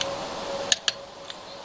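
A click-type torque wrench tightens the next lug nut on a wheel, working around in a star pattern. Two sharp clicks sound at 0.7 s and 0.9 s as the wrench reaches its torque setting, followed by a faint tick near 1.3 s.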